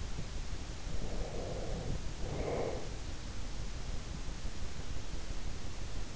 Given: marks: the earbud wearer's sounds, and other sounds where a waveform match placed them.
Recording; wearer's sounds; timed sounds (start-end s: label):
sounds in sleep by an in-ear microphone; breath
0.85-3.07 s: breath